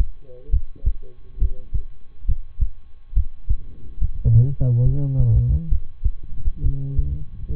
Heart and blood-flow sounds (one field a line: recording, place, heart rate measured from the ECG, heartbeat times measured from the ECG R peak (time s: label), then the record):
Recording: heart sounds by stethoscope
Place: between the tricuspid and mitral areas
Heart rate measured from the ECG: 68 bpm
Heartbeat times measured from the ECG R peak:
0.49 s: heartbeat
1.38 s: heartbeat
2.25 s: heartbeat
3.13 s: heartbeat
3.97 s: heartbeat
4.82 s: heartbeat
5.68 s: heartbeat
6.61 s: heartbeat
7.53 s: heartbeat
From the record:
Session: rest, lying down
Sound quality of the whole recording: good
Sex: male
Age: 23 years